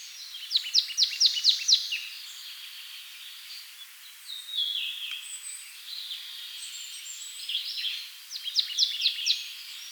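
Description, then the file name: Marsh tit giving quick runs of sharp, high chipping notes at the start and end, with softer thin notes in between over light background noise. "Poecile palustris"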